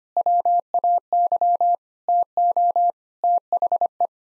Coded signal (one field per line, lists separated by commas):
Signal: Morse code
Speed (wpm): 25 wpm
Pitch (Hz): 700 Hz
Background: none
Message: WAY TO THE